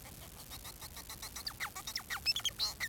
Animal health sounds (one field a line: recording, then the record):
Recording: song of a male Bengalese finch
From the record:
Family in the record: son of father 4